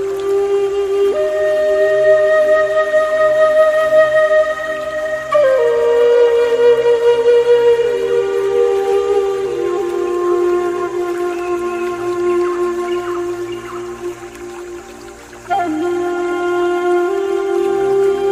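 A pan flute plays a slow melody of long, held notes, each sustained for several seconds before stepping down to the next, with fresh phrases starting near 5 and 15 seconds. A soft, steady low hum sits underneath throughout.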